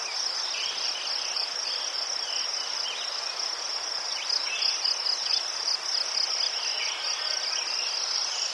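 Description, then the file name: Crickets give a continuous high pulsed chirping, with scattered bird calls. Crickets in a forest, with birds and a river in the distance. "les sverchki ptici i shum reki vdaleke"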